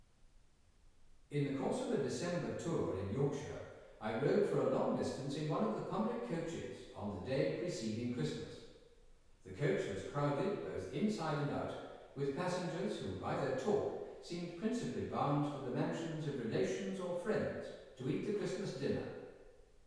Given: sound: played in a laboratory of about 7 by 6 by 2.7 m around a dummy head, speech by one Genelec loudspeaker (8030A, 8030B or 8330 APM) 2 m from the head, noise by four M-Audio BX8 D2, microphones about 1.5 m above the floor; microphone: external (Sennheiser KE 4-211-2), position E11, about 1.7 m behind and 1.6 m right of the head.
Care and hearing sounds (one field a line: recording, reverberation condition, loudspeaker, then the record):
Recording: male speech in English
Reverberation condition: high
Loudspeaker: 30 degrees to the right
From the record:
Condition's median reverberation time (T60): about 1300 ms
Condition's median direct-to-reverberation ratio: about -4.0 dB